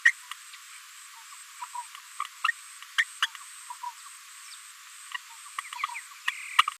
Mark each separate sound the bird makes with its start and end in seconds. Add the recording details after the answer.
0.05-0.11, 2.44-2.48, 2.98-3.04, 3.22-3.27, 6.28-6.30, 6.58-6.62. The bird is a female. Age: 23 days. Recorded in a nest box in Venezuela. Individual 17B73B2